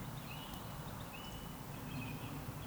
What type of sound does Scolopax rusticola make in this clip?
whistle